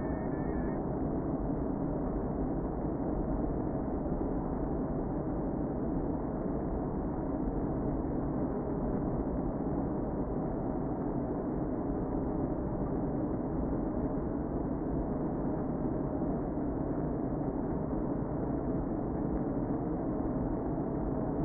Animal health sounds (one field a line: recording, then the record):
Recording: honeybee colony, microphone inside the hive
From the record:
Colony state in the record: queen present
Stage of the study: before two queens were removed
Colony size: about 60,000 bees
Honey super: yes